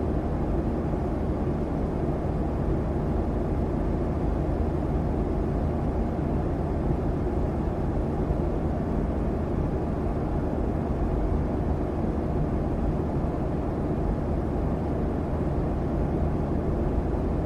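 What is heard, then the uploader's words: An airplane's steady, heavy roar fills the whole stretch, dense and unchanging from start to finish. The sound sits low and rumbling, with a constant drone underneath and little brightness on top, as if heard from inside the cabin. Airplane Sounds.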